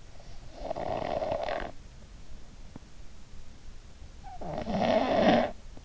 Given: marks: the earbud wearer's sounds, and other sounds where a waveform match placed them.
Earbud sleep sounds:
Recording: sounds in sleep by an in-ear microphone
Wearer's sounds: snoring breath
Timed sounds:
0.20-2.09 s: snoring breath
4.36-5.85 s: snoring breath

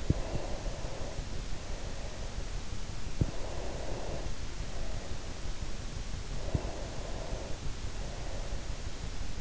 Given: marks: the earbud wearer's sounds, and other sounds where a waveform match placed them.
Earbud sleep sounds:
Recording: sounds in sleep by an in-ear microphone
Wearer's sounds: breath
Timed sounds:
0.00-2.34 s: breath
3.18-5.26 s: breath
6.45-8.66 s: breath

